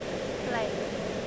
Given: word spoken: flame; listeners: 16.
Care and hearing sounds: one English word in noise, from a listening test; speech-shaped noise; -5.4 dB; 1 of 16; 8 of 16; 0.88 s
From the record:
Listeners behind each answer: 8, 5, 1, 1, 1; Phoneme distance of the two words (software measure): 17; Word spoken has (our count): 1 syllable, 4 phonemes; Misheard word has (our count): 1 syllable, 3 phonemes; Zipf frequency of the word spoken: 4.05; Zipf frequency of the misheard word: 5.69

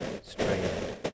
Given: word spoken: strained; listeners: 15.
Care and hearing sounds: one English word in noise, from a listening test; noise modulated by three-talker babble; -3.9 dB; 1 of 15; 7 of 15; 0.74 s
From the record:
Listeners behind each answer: 7, 3, 2, 1, 1, 1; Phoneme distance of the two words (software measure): 10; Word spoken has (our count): 1 syllable, 6 phonemes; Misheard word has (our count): 1 syllable, 6 phonemes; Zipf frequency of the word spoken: 3.17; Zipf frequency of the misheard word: 4.83

